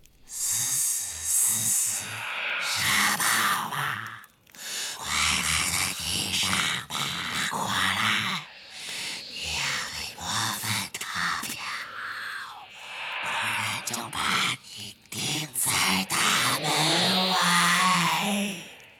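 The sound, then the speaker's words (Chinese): A voice imitates hissing snake language as Morfin softly hums in Parseltongue while handling a small live venomous snake beside a smoky fire, a steady stream of breathy hisses mixed with low, growly murmured humming, uneven in rhythm and fairly loud throughout. “莫芬坐在黑烟滚滚的火炉旁的一把肮脏的扶手椅上，粗大的手指间摆弄着一条活的小毒蛇，嘴里轻轻地用蛇老腔哼唱着。”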